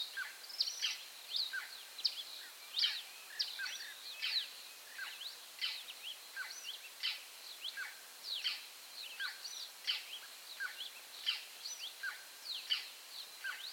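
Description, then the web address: Scarlet-throated tanager calls, sharp high chirps and short downslurred notes, given in a quick irregular series with a faint hiss behind. "Scarlet throated tanager. صدای-پرنده-فرخنده-گلو-سرخ"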